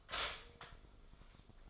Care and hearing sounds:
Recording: daily activity, microphone in the room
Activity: stop toaster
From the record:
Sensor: 5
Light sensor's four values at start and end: 13/32/12/11 and 13/32/12/11

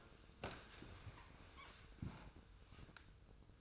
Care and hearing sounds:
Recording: daily activity, microphone in the room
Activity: sit down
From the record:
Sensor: 2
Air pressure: 1004.9 hPa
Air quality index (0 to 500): 95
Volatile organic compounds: 2 ppm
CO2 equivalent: 1150 ppm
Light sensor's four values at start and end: 7/17/7/7 and 7/16/7/7

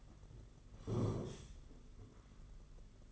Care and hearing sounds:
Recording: daily activity, microphone in the room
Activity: sit down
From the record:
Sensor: 4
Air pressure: 992.5 hPa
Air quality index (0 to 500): 118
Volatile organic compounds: 28 ppm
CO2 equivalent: 2901 ppm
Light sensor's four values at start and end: 20/72/26/28 and 20/72/26/28

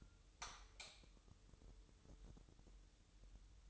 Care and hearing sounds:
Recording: daily activity, microphone in the room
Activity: light on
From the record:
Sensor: 3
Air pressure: 988.3 hPa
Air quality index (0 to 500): 189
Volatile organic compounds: 249 ppm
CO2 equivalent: 4357 ppm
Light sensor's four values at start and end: 8/19/8/8 and 11/29/12/11

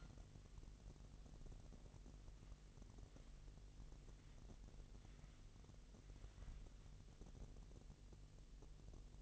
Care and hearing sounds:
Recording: daily activity, microphone in the room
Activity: wipe stove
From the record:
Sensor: 4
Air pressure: 1001.8 hPa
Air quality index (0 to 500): 249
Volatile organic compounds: 41 ppm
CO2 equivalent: 3167 ppm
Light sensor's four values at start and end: 9/19/7/7 and 9/19/7/7

